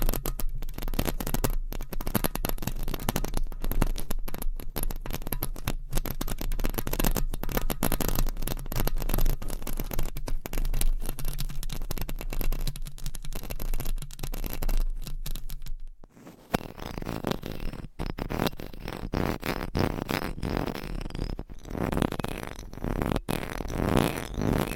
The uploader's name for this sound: ASMR Mic Scratching